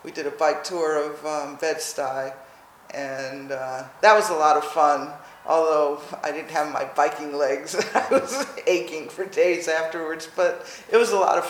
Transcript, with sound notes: We did a bike tour of Bed-Stuy and that was a lot of fun, although I didn’t have my biking legs. [laughs] I was aching for days afterwards, but it was a lot of fun.